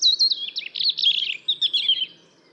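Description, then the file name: European robin song: a continuous rapid warbled phrase of high, liquid trills and slurred notes, wavering in pitch and fading at the end. "Erithacus rubecula"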